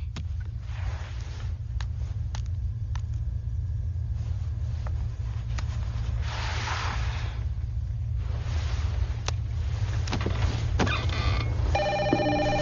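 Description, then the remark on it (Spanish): A telephone, Charlie's private line in his office, rings with a bright, buzzing electronic tone toward the end, over a steady low rumble and a few scattered clicks and whooshes; nobody speaks. “¿Qué teléfono sonó?”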